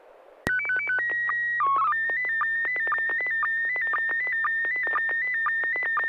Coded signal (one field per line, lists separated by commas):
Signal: SSTV (slow-scan television)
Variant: PD 120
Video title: N6NA SSTV Net - 03/05/2025